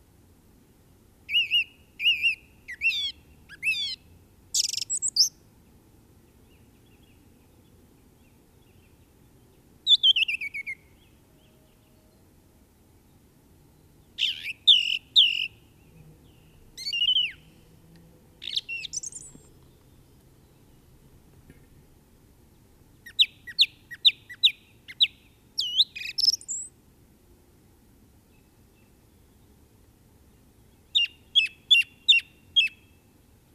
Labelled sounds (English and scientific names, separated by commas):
Song Thrush (Turdus philomelos) song